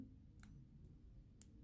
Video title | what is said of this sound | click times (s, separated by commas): Galaxy S10/S10E/S10+: How to Insert Sim & SD Card Properly (and how to check) | in till you hear that like little snap, and then it shouldn't fall out. | 1.4 s